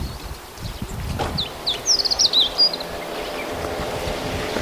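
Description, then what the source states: Meadow bunting giving a single short phrase of high, slurred notes against a steady hiss. Recorded 18 May 2010.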